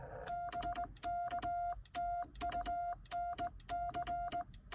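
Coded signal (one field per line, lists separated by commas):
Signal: Morse code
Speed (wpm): 19 wpm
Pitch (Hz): 700 Hz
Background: none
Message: BK TU NC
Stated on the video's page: QRP CW POTA activation at 5 watts from a Xiegu X6100, keyed with a home-brew cootie sideswiper, on 15 and 20 meters.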